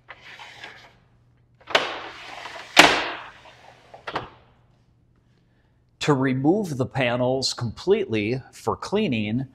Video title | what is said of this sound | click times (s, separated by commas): How to Operate Porch Windows Direct Porch Windows | in you can hear and feel it click | 1.8 s, 2.8 s